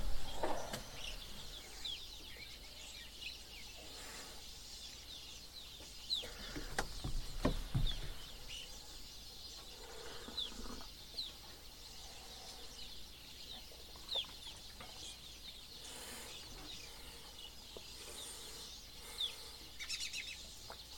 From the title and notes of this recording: Bird Song with Tea. This morning I spent some time outside having some tea.